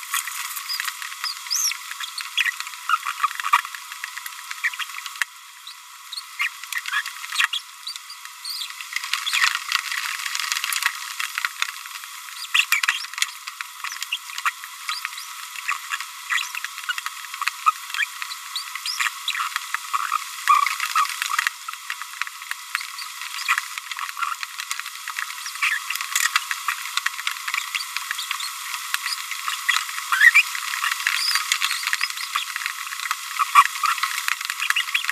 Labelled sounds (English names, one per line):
Green-rumped Parrotlet babbling